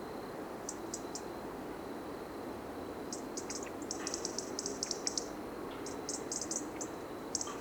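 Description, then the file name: European robin ticking in dense runs of sharp high notes, sparse at first, then almost continuous clusters over steady hiss. "Erithacus rubecula"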